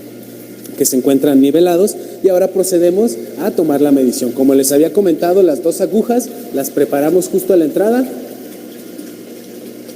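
Two measurement needles are being readied at the inlet fitting of a manometer, where they will later be pressed in until a small click and the manometer column heights change. Someone talks throughout over a low steady background noise. The needles are handled but not yet home, and nothing has seated or clicked yet.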